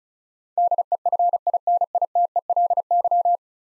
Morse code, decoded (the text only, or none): DEFINITELY